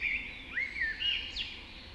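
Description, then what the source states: Birds singing in a dawn chorus, several clear whistled phrases that slide up and down in quick succession, with a faint low hum beneath. Dawn chorus recorded just after dawn in the Forest of Dean.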